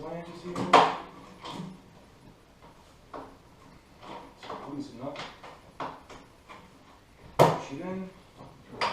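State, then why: Seated. Someone talks while pushing an aluminium pannier onto its side rack on a Honda Africa Twin Adventure Sports motorcycle, turning the locking flange and closing it, with a few soft knocks along the way. A single sharp hit at 8.8 s marks the pannier popping into the rack mount and seating.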